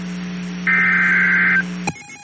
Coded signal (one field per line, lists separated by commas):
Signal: Emergency Alert System (SAME) tones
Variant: header bursts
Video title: EAS#674-689 EAS alerts from September 29th to December 2nd, 2023.